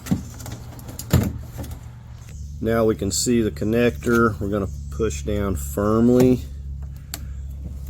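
On a 2016 Nissan Altima rear door lock actuator, someone talks while pressing down firmly on the locking tab of the plastic wiring harness connector. The latch clicks open at 7.1 s, releasing the connector so it can be pulled off.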